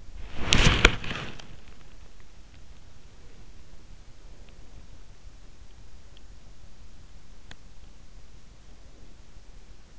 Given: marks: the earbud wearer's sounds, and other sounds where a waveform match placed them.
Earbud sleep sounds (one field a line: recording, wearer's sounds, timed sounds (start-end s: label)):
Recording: sounds in sleep by an in-ear microphone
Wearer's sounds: body movement, breath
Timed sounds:
0.00-1.64 s: body movement
3.14-5.22 s: breath
8.65-9.97 s: breath